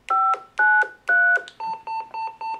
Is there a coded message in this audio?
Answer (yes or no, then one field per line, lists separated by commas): yes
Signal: DTMF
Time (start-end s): 0.1-1.5 s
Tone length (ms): 430 ms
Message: 593